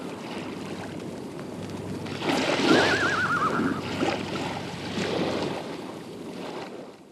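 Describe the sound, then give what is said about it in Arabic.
Rolling sea surf washes steadily, swelling in broad surges, while the wavering, quavering neigh of Uqba ibn Nafi's horse, standing before the sea, rises briefly over the roar around the middle. No one speaks. “هنا يا طارق، وأمام هذا البحر وقف جواد عقبة بن نافع، فحال هذا البحر بينه وبين متابعة الجهاد.”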